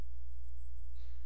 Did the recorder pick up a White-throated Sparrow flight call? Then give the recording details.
no. No flight call is heard. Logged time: 01:28 on 14 September 2014